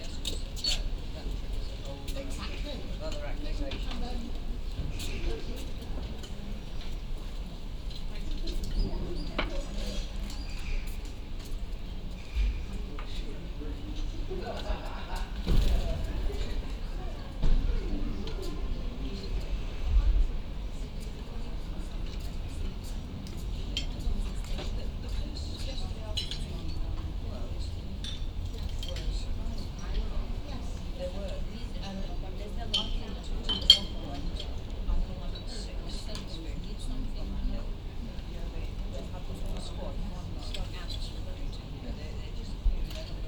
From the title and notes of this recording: Radcliffe Square on an early summer morning. Sitting outside at Vaults & Garden cafe, in the middle between the two entrances, facing Radcliffe Camera.